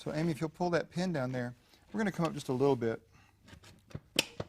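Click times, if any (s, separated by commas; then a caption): 4.2 s. Someone talks while the bench adjustment pin on a Bowflex Revolution home gym bench is pulled down and the bench is raised a little, so the user's arm sits parallel to the pad. Soft rattles follow, then a sharp click at 4.2 s as the pin seats into the new notch in the bench rail, with a fainter tick just after.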